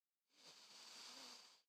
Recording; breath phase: one breath near a microphone; inhalation